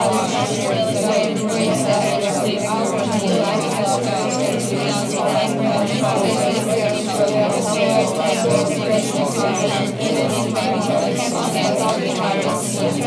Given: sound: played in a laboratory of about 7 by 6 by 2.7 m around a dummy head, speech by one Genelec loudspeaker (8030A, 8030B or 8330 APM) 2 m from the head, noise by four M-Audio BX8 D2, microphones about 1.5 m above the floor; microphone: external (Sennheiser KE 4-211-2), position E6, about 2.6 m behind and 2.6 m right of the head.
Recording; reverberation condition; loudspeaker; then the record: babble noise; low; four, about 170 cm from the corners of the room and facing them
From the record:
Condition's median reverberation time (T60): about 310 ms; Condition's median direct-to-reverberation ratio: about 3.5 dB